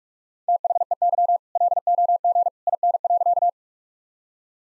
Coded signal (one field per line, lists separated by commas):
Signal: Morse code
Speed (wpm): 43 wpm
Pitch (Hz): 700 Hz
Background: none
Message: THEY LOG IN.